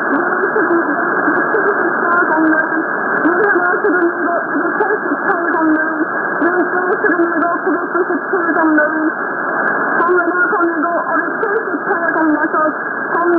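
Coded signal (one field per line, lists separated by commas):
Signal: numbers station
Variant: V28 "The Parrot"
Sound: steady band-limited voice-like warbling over shortwave, continuous throughout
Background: radio static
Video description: V28 North Korean Numbers Station aka "The Parrot" Frequency: 3277kHz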